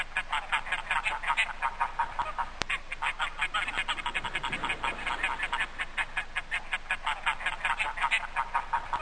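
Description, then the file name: Greylag goose calls: many nasal honks in a fast, unbroken series, with a sharp click along the way. "Oca selvatica"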